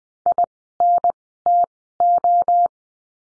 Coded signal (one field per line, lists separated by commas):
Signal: Morse code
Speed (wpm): 20 wpm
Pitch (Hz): 700 Hz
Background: none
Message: I N T O